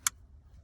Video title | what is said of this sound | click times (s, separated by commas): 2018+ Dodge Charger Smart Access Cable install | to where the other one, and push to here. Click, | 0.1 s